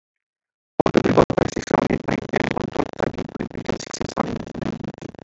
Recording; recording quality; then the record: counting at a fast pace; poor, much background noise or distortion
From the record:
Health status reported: exposed to COVID-19, no respiratory illness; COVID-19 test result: not tested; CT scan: not taken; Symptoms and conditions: none ticked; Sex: male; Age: 31 years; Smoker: no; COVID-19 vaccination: both doses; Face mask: not worn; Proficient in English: yes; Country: India